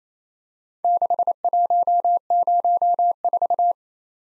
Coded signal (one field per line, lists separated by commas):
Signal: Morse code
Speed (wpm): 29 wpm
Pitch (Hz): 700 Hz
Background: none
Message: 6104